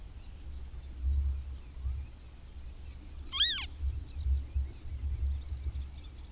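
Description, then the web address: Western marsh harrier calling once, a brief high arched whistle rising then falling, over faint songbird chatter and a low rumble. "Madardalok - Barna rétihéja"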